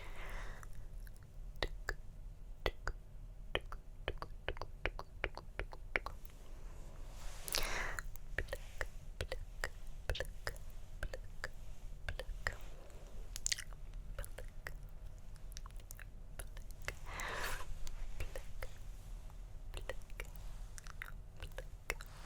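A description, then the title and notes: Hand movements and mouth sounds fill the 22 seconds with a steady run of quick, sharp clicks and wet pops, often in rapid clusters. Brief brushing swishes rise near 7.5 and 17.5 seconds, over a constant low hum underneath. ASMR Tingly Hand Movements & Mouth Sounds (Plucking, Pinching, Pulling).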